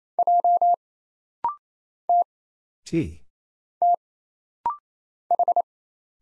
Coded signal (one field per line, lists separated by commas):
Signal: Morse code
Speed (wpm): 27 wpm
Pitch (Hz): 700 Hz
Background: none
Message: J T T H